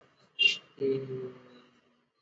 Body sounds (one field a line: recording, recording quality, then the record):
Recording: sustained vowel as in made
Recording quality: moderate, slight background noise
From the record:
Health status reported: exposed to COVID-19, no respiratory illness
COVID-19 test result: not tested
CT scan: not taken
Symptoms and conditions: none ticked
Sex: male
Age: 22 years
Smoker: no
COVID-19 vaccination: both doses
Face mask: not worn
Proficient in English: yes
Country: India